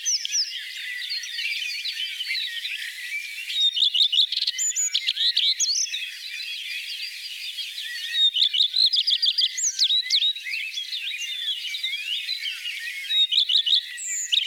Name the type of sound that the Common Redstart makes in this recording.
song